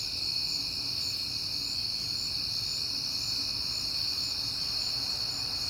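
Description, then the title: Cricket chorus of shrill, continuous chirping in stacked high bands, steady for the whole stretch over a quiet low background hum. Crickets heard often in September; recorded at night on a peaceful night. "Night Time: Crickets and Passing Cars"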